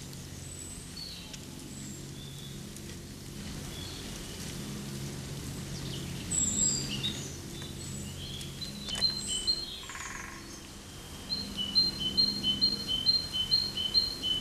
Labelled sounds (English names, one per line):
Great Tit song